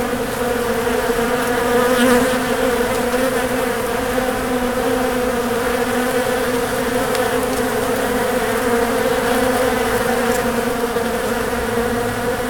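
Bees droning in a constant, even buzz, unbroken for the whole stretch, with a couple of faint clicks.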